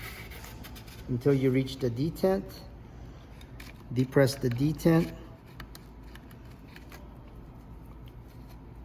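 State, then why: Not seated. A new plastic gliding strip for a tile saw's rolling table is being slid along the table rail toward the detent while someone talks. Between the speech come small scraping and tapping handling sounds, with brief clicks near 3.6 s and 5.6 s. Nothing has seated or clicked home yet.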